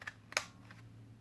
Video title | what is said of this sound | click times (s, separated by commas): Ka-Bar TDI Sheaths and Glock 19 gen 4 Mag Pouches | you heard that click? | 0.4 s